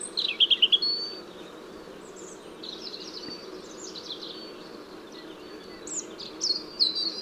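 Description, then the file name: European robin song: a quick sparkling trill opening, thin high whistles in the middle, and another liquid phrase at the end, all over a low droning background. "Erithacus rubecula"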